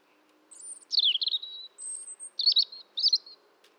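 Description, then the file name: European robin singing a few high phrases: a thin, very high whistle, a falling warbled trill, another thin high whistle, then two brief sparkling twittery bursts. "Erithacus rubecula"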